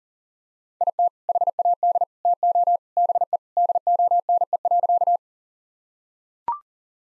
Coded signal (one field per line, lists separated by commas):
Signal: Morse code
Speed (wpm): 40 wpm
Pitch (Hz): 700 Hz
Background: none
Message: IT HAD TO BE DONE.